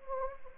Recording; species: mosquito wingbeat signal from an infrared sensor; Anopheles gambiae